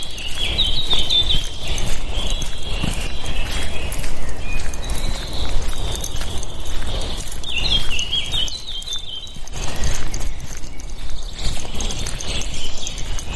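A walk through the woods with a dog: steady crunching footsteps throughout, with bright bird chirps flickering above, busiest near the start and around eight seconds.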